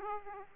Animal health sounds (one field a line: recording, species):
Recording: mosquito wingbeat signal from an infrared sensor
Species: Aedes aegypti